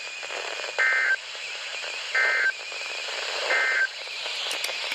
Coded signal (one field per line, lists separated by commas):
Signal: Emergency Alert System (SAME) tones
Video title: 4 Severe Thunderstorm Warnings (4/16/17) (EAS #119-122)